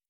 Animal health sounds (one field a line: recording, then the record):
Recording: hydrophone in a shrimp aquaculture tank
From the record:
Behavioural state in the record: normal